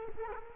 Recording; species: mosquito wingbeat signal from an infrared sensor; Culex quinquefasciatus